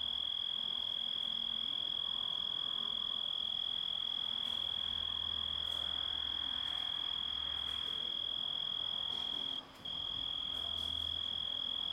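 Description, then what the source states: Grasshopper sound, one long level high-pitched tone lasting the whole time with a single short break near the end, above quiet low-frequency hum. Composite of grasshopper sounds.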